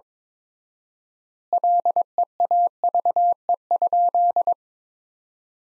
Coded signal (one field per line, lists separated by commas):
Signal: Morse code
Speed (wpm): 22 wpm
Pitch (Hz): 700 Hz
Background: none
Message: LEAVE?